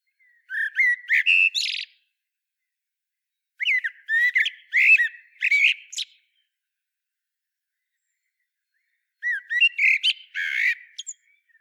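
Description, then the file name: Common blackbird singing three separate bursts of squeaky, chattering notes, with long silent gaps between them. "Turdus merula"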